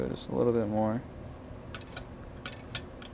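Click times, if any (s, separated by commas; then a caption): 1.8 s, 2.0 s, 2.5 s, 2.8 s, 3.1 s. Someone talks briefly, then the 90-degree angle-setting knob on an arrow fletching jig is tightened for a four-fletch setup and clicks through its detent positions. Sharp, solid clicks come at 1.8, 2.0, 2.5, 2.8 and 3.0 seconds, and the knob seats firmly in its detent.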